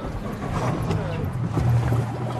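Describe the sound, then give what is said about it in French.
A boat's engine rumbles in a steady low drone beneath broad, rushing water and wind noise as people board the boat, whose deck is wet, with faint murmuring voices mixed in throughout. “Donc voilà le bateau, on va embarquer.”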